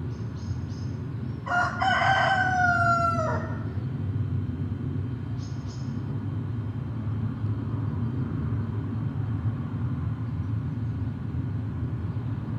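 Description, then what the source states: Chicken: rooster crowing, a drawn-out two-second cock-a-doodle-doo with a sliding final note, while traffic rumbles steadily in the background. Recorded with road traffic in the background.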